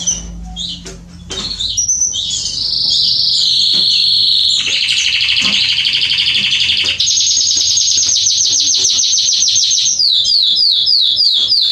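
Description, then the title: Belgian canary singing: a few chirps, then a long loud rolling trill, a higher rapid pulsed trill, and a string of descending slurred notes. Male Belgian canary singing a lot, used to warm up and train young canaries. "Canary Training Esquente Seu Filhote E Canario Belga Em 30 Minutos Macho Cantando Muito. CANTO DO CANRIO"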